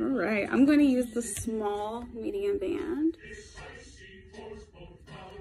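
Someone talks while picking up a small/medium watch band and lining it up with the band slot of an Apple Watch 6 case, before pushing it home. After about 3.1 s the speech stops and only quiet, faint handling remains. The band has not clicked into place yet.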